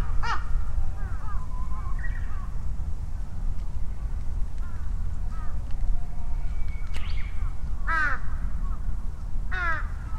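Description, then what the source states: Crows giving scattered hoarse caws, with a pair of louder calls near the end, over a heavy low rumble. Crows calling and responding to each other over vehicle rumble; Sunday noon, Ichimiyake, Yasu City, Shiga Prefecture, Japan; Sony PCM-M10 with small omnidirectional mics on bicycle handlebar bag.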